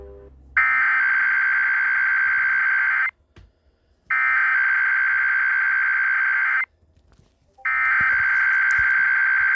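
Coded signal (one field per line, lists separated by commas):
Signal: Emergency Alert System (SAME) tones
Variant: header bursts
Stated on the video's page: Required weekly test relayed on radio station WJON and on 1360 AM KWWJ.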